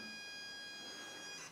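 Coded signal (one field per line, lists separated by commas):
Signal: ZX Spectrum tape loading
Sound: steady buzzy lead tone with harmonics, switching to a warbling data sound at the end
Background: background hiss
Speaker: see what we got okay we've got the game hero and as you can see it's loading perfectly fine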